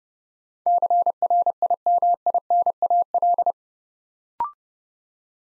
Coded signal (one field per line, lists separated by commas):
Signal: Morse code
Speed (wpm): 30 wpm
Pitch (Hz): 700 Hz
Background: none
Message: CRIMINAL